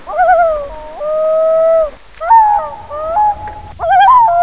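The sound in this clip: Common loon giving wavering tremolo phrases alternating with longer, more level wails.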